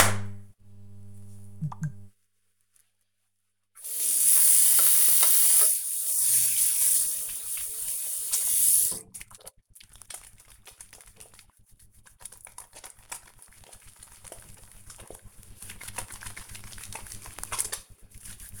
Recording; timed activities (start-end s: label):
household activities, microphone on the right wrist
3.39-18.60 s: washing hands